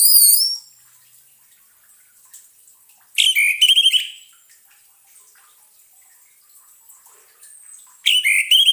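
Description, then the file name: Orange-headed thrush singing in brief loud bursts of quick, fluty whistled notes and trills, with long quiet gaps between phrases. Therapy sound for a bird that has stopped singing. "terapi suara anis merah macet bunyi"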